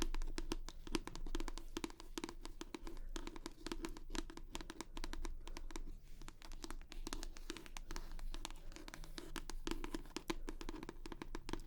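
Rapid tapping continues for the whole twelve seconds, with dense, sharp clicks packed close together in an uneven but steady rhythm. A brief thinning occurs near the sixth second. A low, constant hum and a faint mid-pitched tone sit underneath throughout.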